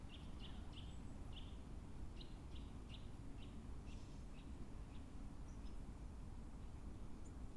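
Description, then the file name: Eurasian nuthatch calling with faint, clear piping notes repeated in a series, over a constant low rumbling background noise. "Sitta europaea"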